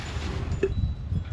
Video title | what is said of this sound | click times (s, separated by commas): How to replace the transmission lines on a 2004–2008 Dodge ram 2500 #dodge #hemi #dodgeram2500 | Clips not in a whole way | 0.6 s